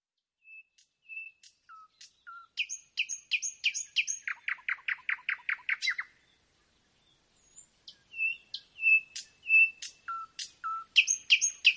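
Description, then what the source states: Nightingale song with spaced pure whistles, then rapid repeated chattering notes building to a fast trill, a pause, and more whistled phrases. Singing at night; nocturnal performance.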